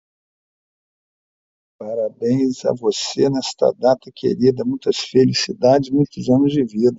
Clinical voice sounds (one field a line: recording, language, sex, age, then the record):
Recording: short text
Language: Brazilian Portuguese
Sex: male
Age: 60 to 69 years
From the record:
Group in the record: control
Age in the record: 63 years